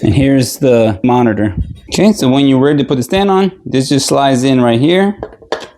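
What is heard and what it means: Someone talks while handling a KTC 27-inch QHD monitor, getting ready to slide the plastic stand neck into the stand base, and a couple of short handling knocks come near the end. The clip stops before the neck goes home, so nothing has seated or clicked yet.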